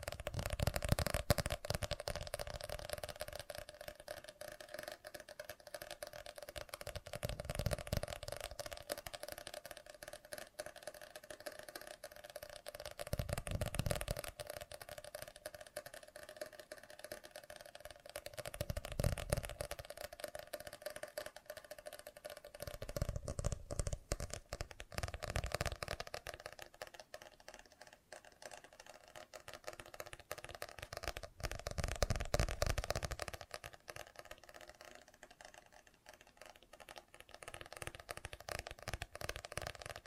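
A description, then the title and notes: Fast, dense tapping runs without pause over a steady mid tone, swelling into louder rattling bursts every few seconds before settling again. FAST TAPPING (No Talking).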